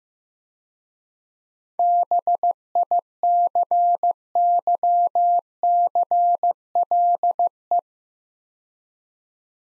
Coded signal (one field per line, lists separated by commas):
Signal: Morse code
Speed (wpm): 16 wpm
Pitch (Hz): 700 Hz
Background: none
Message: BICYCLE